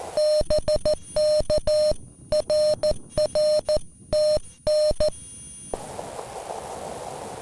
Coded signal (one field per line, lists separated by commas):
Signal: Morse code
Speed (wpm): 14 wpm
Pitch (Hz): 610 Hz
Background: none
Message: BK RR TN